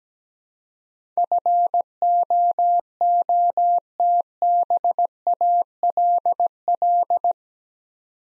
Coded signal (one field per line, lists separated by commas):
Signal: Morse code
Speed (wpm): 17 wpm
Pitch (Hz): 700 Hz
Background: none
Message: FOOTBALL